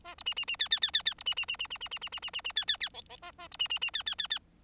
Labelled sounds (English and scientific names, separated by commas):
Bengalese Finch (Lonchura striata domestica) song